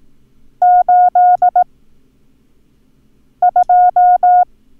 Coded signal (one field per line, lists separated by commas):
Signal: Morse code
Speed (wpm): 18 wpm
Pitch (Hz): 720 Hz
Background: none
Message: 82